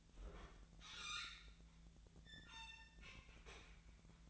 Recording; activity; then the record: daily activity, microphone in the room; open fridge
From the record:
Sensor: 3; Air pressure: 1009.6 hPa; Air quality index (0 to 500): 193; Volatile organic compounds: 15 ppm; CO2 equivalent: 2512 ppm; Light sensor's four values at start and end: 32/79/34/35 and 32/79/34/36